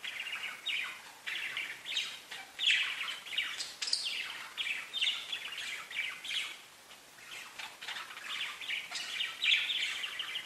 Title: Budgie Sounds